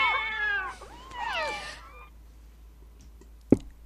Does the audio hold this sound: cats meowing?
yes